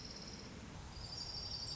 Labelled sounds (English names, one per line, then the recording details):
Orange-crowned Warbler
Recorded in Sonoma County, California